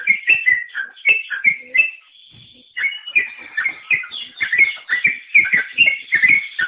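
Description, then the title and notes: Bird song: rapid run of whistled and chirping notes, with a brief pause near two seconds before the phrases resume. "Bird Sound. Kicau Burung Lengkap"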